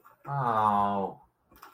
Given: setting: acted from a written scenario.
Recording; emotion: vocal sound without words; sadness